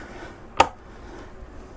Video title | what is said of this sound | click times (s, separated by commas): Laptop screen replacement / How to replace laptop screen ASUS Q502LA | it just snaps together is all it does and | 0.6 s